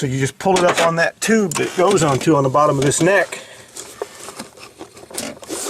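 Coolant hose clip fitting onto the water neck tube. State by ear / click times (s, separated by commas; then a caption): seated / 5.2 s. Someone talks while a coolant hose end with its retaining clip, lubricated by antifreeze, is pulled up onto the tube at the bottom of the water neck on the back of the head of a Passat 1.8 turbo. After the talking, faint handling noises follow, and a sharp click at 5.2 s marks the clip latching and the hose seating on the tube.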